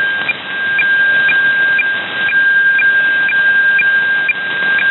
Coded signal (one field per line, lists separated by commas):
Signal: weather fax (radiofax)